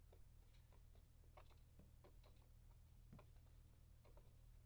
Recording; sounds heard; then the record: poultry house recording; no chicken sound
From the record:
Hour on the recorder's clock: 0